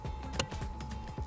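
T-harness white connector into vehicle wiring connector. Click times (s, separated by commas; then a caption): 0.4 s. The white plastic connector of a remote-starter T-harness is pushed into the mating wiring connector of a 2020–2025 Hyundai Venue, with a key-ignition setup. A short, sharp click at 0.4 s is heard against a low background hum with a steady tone. The connector seats fully and is connected all the way.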